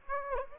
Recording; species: mosquito wingbeat signal from an infrared sensor; Aedes aegypti